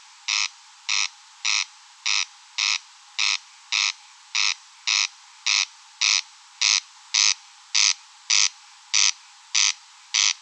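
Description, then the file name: Corn crake uttering a steady series of grating, rasping notes, about two per second, dry and insect-like, continuing without pause. Recorded at Rønbjerg Enge. "Engsnarre Roenbjerg Enge"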